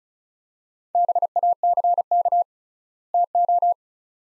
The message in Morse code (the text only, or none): BACK TO